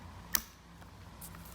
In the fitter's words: I'll show you on this side they're pushing down on here till you hear the click so